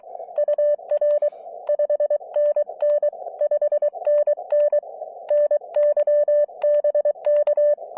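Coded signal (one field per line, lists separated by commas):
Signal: Morse code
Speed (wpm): 23 wpm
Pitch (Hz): 590 Hz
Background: none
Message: UR 5NN 5NN NY BK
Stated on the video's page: Morse from a POTA park activation at a mountain fire tower; slow start, improved after switching antennas.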